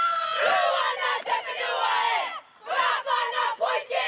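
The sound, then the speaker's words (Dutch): Women of the Aotearoa Maori football team perform a haka, a ceremonial Maori dance, chanting in loud, forceful unison. Sustained shouted phrases are broken by a brief pause before the voices surge again in rhythmic bursts. “Zij doen een haka, een ceremoniële Maori dans.”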